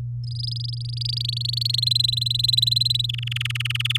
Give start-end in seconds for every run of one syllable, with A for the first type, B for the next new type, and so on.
0.24-1.80 A, 1.82-3.06 B, 3.09-3.97 C